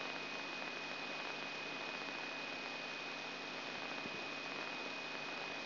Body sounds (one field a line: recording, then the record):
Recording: brain microelectrode recording played as sound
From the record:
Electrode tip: inside the subthalamic nucleus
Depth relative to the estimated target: 1 mm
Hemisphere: left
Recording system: AlphaMap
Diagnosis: Parkinson's disease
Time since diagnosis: 6 years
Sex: female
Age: 40 years